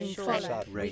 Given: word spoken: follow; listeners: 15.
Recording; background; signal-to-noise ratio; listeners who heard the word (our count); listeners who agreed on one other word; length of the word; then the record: one English word in noise, from a listening test; four-talker babble; -2.2 dB; 2 of 15; 6 of 15; 0.52 s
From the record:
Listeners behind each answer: 6, 2, 1, 1, 1, 1, 1, 1, 1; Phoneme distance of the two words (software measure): 34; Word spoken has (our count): 2 syllables, 4 phonemes, stress on syllable 1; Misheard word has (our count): 1 syllable, 4 phonemes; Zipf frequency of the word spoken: 4.96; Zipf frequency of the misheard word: 4.06